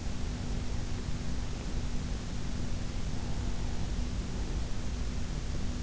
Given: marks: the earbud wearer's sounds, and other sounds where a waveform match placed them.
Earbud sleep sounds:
sounds in sleep by an in-ear microphone; breath
0.14-2.14 s: breath
3.13-4.75 s: breath

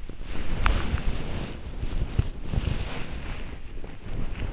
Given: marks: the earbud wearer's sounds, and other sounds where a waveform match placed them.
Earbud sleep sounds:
sounds in sleep by an in-ear microphone; body movement
0.25-4.53 s: body movement

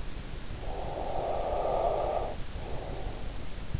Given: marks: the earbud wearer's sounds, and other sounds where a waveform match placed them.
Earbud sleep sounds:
sounds in sleep by an in-ear microphone; breath
0.50-3.66 s: breath

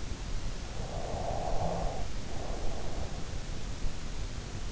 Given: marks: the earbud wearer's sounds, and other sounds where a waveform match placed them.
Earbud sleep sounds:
sounds in sleep by an in-ear microphone; breath
0.98-3.78 s: breath

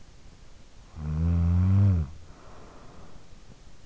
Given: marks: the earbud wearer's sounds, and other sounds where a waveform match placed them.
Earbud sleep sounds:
sounds in sleep by an in-ear microphone; snoring breath
0.63-3.68 s: snoring breath

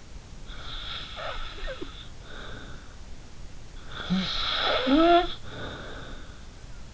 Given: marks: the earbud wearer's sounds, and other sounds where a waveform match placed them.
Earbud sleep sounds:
sounds in sleep by an in-ear microphone; snoring breath
0.51-2.98 s: snoring breath
3.82-6.26 s: snoring breath

